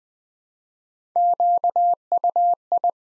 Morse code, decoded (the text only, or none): QUI